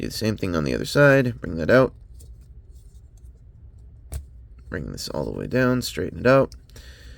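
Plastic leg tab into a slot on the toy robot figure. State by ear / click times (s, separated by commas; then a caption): not seated / none. Someone talks while handling a Transformers Legacy Core G2 Megatron toy robot figure, bringing a plastic leg piece on the second side down and straightening it so its tab can go into a slot. Between the talking there are only faint, brief plastic handling taps. Nothing has clicked or seated yet.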